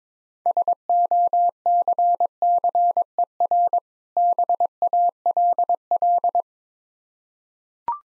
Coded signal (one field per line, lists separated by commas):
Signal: Morse code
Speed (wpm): 22 wpm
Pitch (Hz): 700 Hz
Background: none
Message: SOCCER BALL